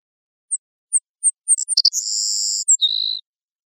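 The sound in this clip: Savannah sparrow singing four spaced high chips, a quick stutter of notes, a sustained insect-like buzz, then a drop to a lower buzzy ending.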